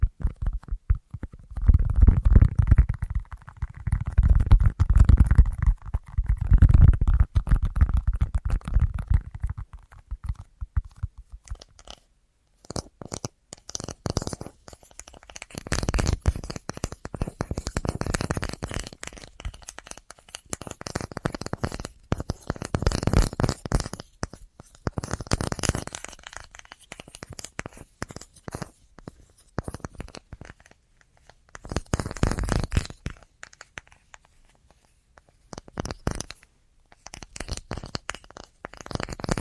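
An assortment of tapping, opening for about twelve seconds with dense, low thumping pulses around two, five and seven seconds. After that the taps turn brighter and crisper, arriving in quick bursts and clusters separated by short pauses, with a strong flurry near thirty-two seconds.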